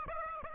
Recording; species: mosquito wingbeat signal from an infrared sensor; Aedes aegypti